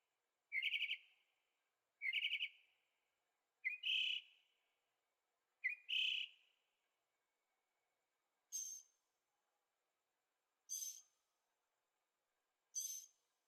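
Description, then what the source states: Bird song in four trilled, slurred phrases about two seconds apart, then three separate breathy, hissy bursts. Birds singing at night in Carefree, Arizona; recorded in stereo on a Zoom H6.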